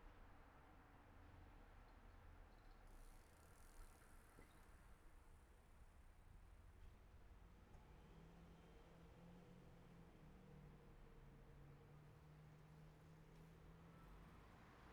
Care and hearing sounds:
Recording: everyday scene through a hearing-aid microphone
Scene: in traffic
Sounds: traffic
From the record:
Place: city secondary road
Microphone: behind the ear, right, rear

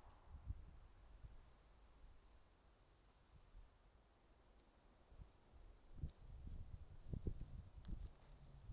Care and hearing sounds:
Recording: everyday scene through a hearing-aid microphone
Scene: wind on the microphone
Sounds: wind, traffic, birds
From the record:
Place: suburban garden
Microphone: in the ear canal, right

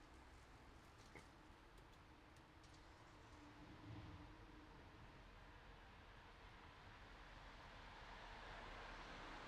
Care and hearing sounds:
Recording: everyday scene through a hearing-aid microphone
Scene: in traffic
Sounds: traffic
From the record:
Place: city secondary road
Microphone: in the ear canal, right

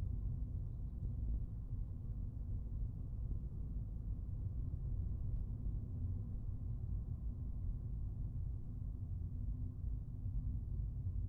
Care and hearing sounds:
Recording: everyday scene through a hearing-aid microphone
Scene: in a vehicle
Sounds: engine, rumble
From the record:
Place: Skoda Fabia, gasoline engine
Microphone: behind the ear, right, front

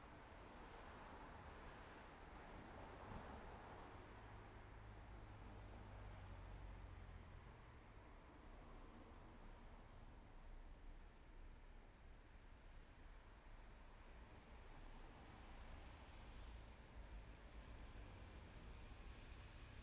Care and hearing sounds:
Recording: everyday scene through a hearing-aid microphone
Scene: in traffic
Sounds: traffic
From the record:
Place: main road on the outskirts, rush hour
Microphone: behind the ear, left, front

